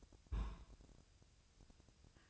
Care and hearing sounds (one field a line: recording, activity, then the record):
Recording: daily activity, microphone in the room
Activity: place on stove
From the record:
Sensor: 2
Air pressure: 999.2 hPa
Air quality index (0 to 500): 195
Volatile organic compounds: 27 ppm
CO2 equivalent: 2887 ppm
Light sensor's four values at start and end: 6/15/6/6 and 6/15/6/6